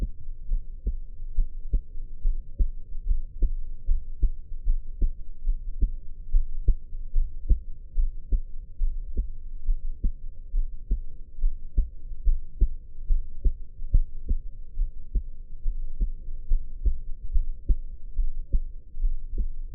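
Soft, steady low thumps of an adult heartbeat at about 71 beats a minute, picked up by the ear of a dummy-head microphone pressed against the chest. The sound is muffled with a faint low hum in the background, and no other sounds are heard.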